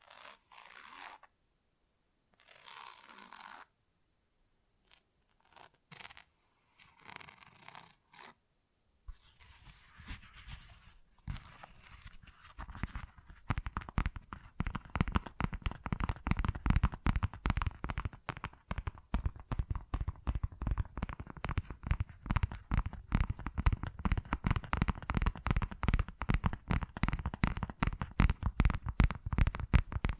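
Tapping and scratching on textured surfaces, starting with a few short, separate bursts of scratchy sound in the first nine seconds. From about thirteen seconds the tapping turns quick and dense, a crisp, crunchy run of clicks that stays steady and busy to the end.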